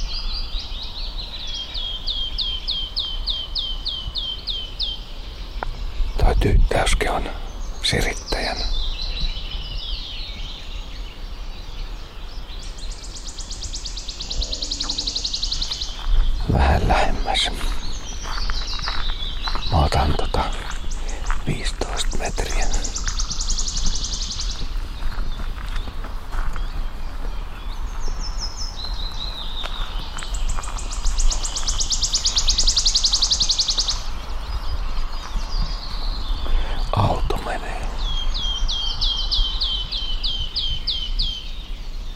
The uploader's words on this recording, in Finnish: Toukokuu etenee vääjäämättä kohti kesää. Asko Hauta-aho kävi muutama päivä sitten Nastolan Sylvöjärvellä heti auringonnousun jälkeen kuuntelemassa luonnon tarjoamaa konserttia. Punakylkirastas ja mustapääkerttu säestivät väkevästi taustalla, mutta aluksi kohteena oli läheisessä puussa taitavasti luritteleva kultarinta.